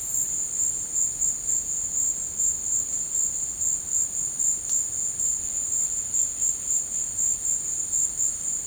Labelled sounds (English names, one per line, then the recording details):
none
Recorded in dense forest near Puerto Asís, Putumayo, Colombia, on 24 March 2025 at 16:00
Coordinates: 0.485, -76.318
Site G056